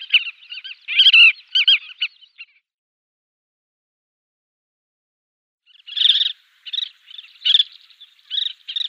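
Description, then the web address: Collared pratincole chattering calls in rapid bursts, a pause of about three seconds, then another series of sharp chattering notes. "Schulze Peter Collared Pratincole"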